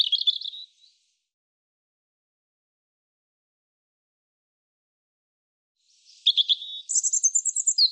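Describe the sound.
European robin song: a short trilled fragment at the start, a long silence, then a phrase of rapid high twittering and a thin whistled trill.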